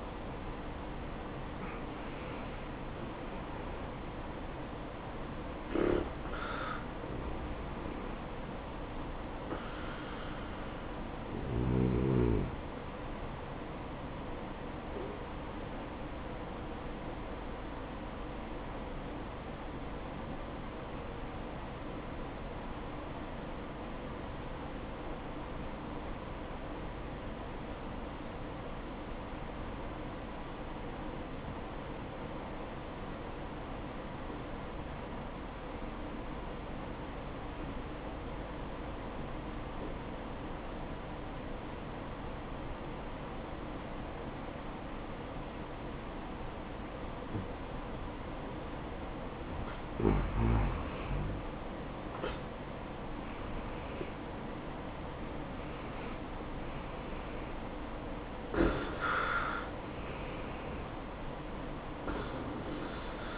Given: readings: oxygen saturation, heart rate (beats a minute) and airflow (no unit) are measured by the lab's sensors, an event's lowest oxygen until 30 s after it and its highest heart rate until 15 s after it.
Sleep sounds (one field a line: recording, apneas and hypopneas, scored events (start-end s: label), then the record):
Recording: breathing in sleep by a voice recorder at the bedside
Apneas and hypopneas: 1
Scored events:
19.00-51.20 s: obstructive apnea (N1, oxygen 97% highest, then 87% lowest, heart rate 59 at the start, 75 highest)
From the record:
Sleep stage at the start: N1 (lightest sleep)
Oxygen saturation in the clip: 85 to 97%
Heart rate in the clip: 56 to 78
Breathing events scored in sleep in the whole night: 573 in 9.8 hours asleep